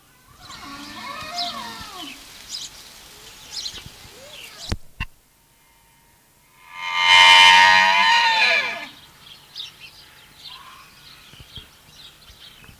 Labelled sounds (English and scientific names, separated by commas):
Wapiti (Cervus canadensis) call